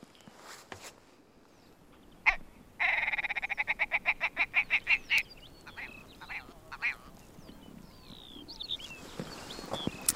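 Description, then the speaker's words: Willow Ptarmigan giving a laughing call: a rapid run of dry, clipped notes followed by a few scattered calls. Wild bird heard on a ski tour in the Jämtland mountains below Storsnasen; characteristic laughing call. "Ja, men det var ju dalripan som skrattade till."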